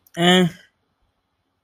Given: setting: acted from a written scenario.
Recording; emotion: vocal sound without words; neutral